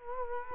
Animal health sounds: mosquito wingbeat signal from an infrared sensor; Culex quinquefasciatus

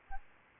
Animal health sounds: mosquito wingbeat signal from an infrared sensor; Aedes aegypti

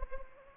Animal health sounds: mosquito wingbeat signal from an infrared sensor; Anopheles gambiae

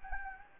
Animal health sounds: mosquito wingbeat signal from an infrared sensor; Anopheles gambiae

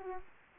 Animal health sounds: mosquito wingbeat signal from an infrared sensor; Culex quinquefasciatus

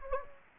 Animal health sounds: mosquito wingbeat signal from an infrared sensor; Anopheles gambiae

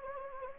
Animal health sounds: mosquito wingbeat signal from an infrared sensor; Anopheles gambiae

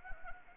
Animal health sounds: mosquito wingbeat signal from an infrared sensor; Anopheles arabiensis

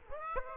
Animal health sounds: mosquito wingbeat signal from an infrared sensor; Aedes aegypti

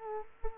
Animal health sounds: mosquito wingbeat signal from an infrared sensor; Culex quinquefasciatus

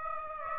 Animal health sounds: mosquito wingbeat signal from an infrared sensor; Aedes aegypti

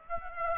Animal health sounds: mosquito wingbeat signal from an infrared sensor; Aedes aegypti

